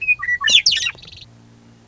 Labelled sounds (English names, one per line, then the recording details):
Western Meadowlark
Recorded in Sonoma County, California